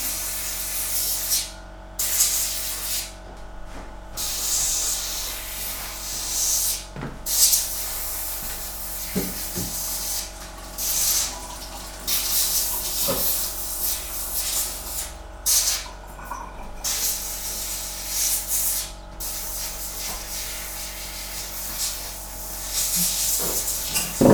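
A compressor and a chopper run together: a steady low machine hum with several fixed droning tones beneath a loud, spraying hiss. The hiss drops out briefly every few seconds, and occasional faint knocks and clicks sound through.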